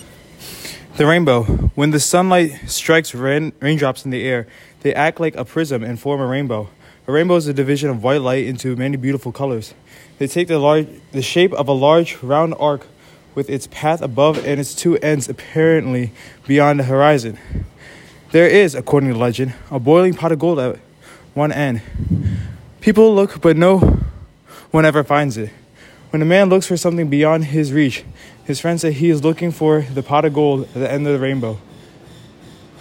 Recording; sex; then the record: reading aloud after running; male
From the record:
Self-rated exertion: vigorous exertion (4 of 6); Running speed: 8 miles an hour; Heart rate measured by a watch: 171 beats a minute at the start, 172 at the end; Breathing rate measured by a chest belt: 28 breaths a minute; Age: 18 years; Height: 175 cm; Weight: 75 kg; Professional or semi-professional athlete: no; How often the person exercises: 3 to 5 times a week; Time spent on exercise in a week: 1 to 2 hours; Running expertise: no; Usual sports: weight training, gym workouts, basketball